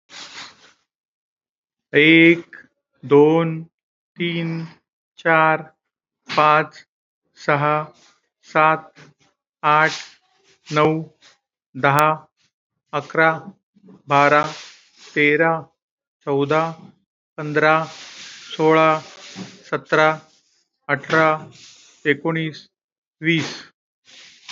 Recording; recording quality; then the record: counting at a normal pace; excellent, no background noise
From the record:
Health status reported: COVID-19 positive, moderate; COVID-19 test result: positive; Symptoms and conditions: breathing difficulty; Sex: male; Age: 53 years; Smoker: not ticked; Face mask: worn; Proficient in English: no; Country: India